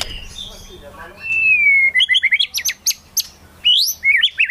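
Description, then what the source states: White-rumped shama song: a long slightly falling whistle followed by sharp upswept notes and short warbled phrases. Song used as a lure for trapping birds.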